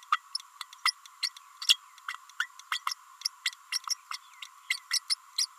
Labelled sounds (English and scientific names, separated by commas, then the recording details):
Green-rumped Parrotlet (Forpus passerinus) babbling
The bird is a female
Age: 30 days
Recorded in a nest box in Venezuela
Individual 17B32A5